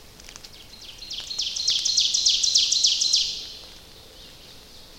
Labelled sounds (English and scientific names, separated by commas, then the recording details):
Ovenbird (Seiurus aurocapilla) song
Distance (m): 40 m
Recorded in boreal forest in Alberta, Canada, on 29 May 2016 at 06:00
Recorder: SongMeter 3, array SBT-3-49
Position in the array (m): 70 m, 254 m
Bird 14